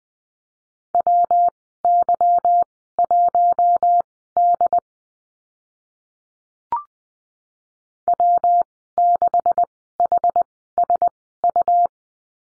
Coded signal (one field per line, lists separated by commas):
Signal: Morse code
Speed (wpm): 20 wpm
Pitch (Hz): 700 Hz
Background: none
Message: WY1D W6HSU